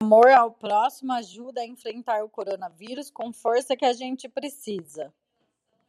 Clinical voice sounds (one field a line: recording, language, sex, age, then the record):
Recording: spoken sentence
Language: Brazilian Portuguese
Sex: female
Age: 30 to 39 years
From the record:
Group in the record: control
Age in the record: 37 years